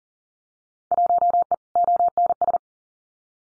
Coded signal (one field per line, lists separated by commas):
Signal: Morse code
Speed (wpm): 41 wpm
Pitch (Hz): 700 Hz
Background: none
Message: 1E ONS